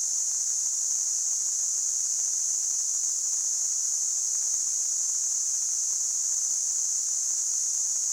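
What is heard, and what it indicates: A steady, unbroken high-pitched hissing ring at constant loudness: a simulated tinnitus sound.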